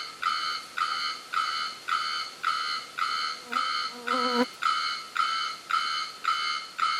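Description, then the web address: Bearded bellbird giving a steady series of ringing, metallic tonk notes, nearly two per second, with a brief lower warbling sound midway. "sound bearded-bellbird. صدای-پرنده-زنگمرغ-ریشدار"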